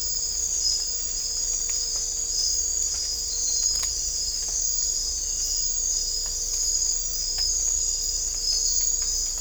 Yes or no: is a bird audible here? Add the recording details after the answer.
no. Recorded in dense forest near Puerto Asís, Putumayo, Colombia, on 16 December 2024 at 03:00. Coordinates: 0.500, -76.322. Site G053